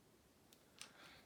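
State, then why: Not seated. A click-type torque wrench tightens a cylinder head nut on a Honda Z50 small motorcycle engine during a top-end rebuild. Two brief, sharp high-pitched ticks stand out at about 0.5 and 0.8 seconds over quiet background noise, followed by a soft hiss. The wrench has not reached its setting yet, so nothing has clicked.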